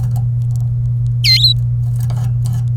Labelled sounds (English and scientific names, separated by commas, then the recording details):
Domestic Canary (Serinus canaria) song
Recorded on 27 April 2018 at 13:27
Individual llb3